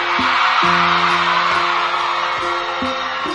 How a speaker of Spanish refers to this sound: Voy a pedir un fuerte aplauso para Mario Lave.